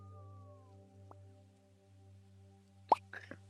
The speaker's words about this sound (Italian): E io dico, finisce in acqua e non fa pop. Okay. Fa proprio quel bel suono di un oggetto in acqua che scende.